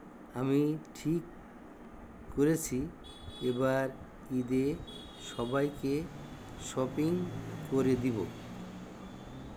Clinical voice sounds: elicited speech; Bengali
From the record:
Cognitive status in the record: dementia

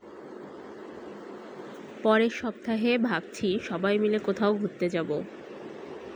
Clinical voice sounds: elicited speech; Bengali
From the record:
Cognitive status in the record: cognitively healthy

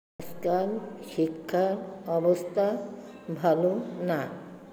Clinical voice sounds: elicited speech; Bengali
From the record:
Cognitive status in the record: dementia

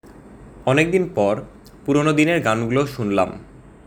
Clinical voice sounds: elicited speech; Bengali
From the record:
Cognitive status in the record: cognitively healthy

